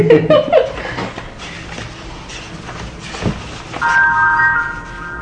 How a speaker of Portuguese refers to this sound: A porta do pub abrindo.